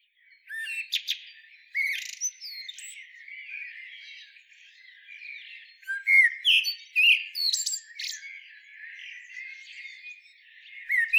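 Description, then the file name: Common blackbird singing fluty warbled phrases with high squeaky flourishes, between softer stretches. "Turdus merula"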